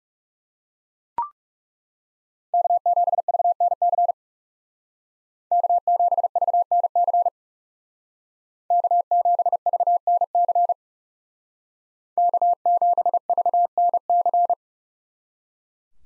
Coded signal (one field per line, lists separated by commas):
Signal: Morse code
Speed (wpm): 37 wpm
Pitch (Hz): 700 Hz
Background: none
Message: K7VNC K7VNC K7VNC K7VNC